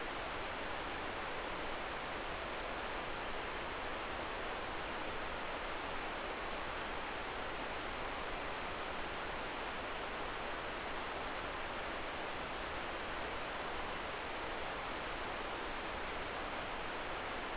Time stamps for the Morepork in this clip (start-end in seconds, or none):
none